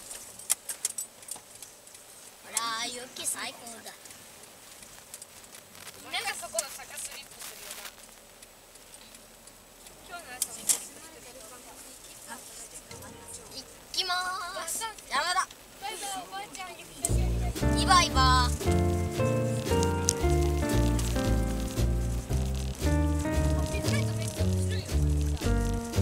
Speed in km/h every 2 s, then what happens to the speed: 0, 0, 0, 0, 0, 0, 0, 11, 15, 18, 22, 22, 21.
0-13 standing. 13-21 pulls away to 22.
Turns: none.